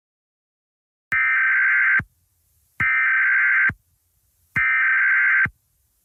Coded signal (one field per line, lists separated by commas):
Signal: Emergency Alert System (SAME) tones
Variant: header bursts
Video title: EAS Scenario 7|| Tornado Emergency 1 : The Tulsa Incident